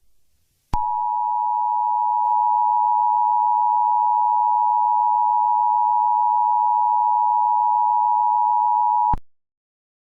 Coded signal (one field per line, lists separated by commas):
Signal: Emergency Alert System (SAME) tones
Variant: 853 and 960 Hz attention tone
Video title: EAS Scenario | The Wither Storm (#94)